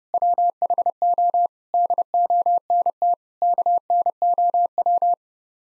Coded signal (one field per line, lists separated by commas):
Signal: Morse code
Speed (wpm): 30 wpm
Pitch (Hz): 700 Hz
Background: none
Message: WHO DONT KNOW